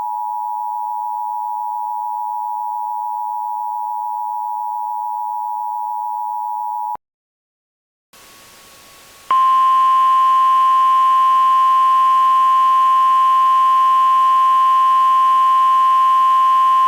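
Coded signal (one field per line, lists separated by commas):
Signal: Emergency Alert System (SAME) tones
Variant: 853 and 960 Hz attention tone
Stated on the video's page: Recreated EAS tones for a severe thunderstorm warning, based on a reference alert.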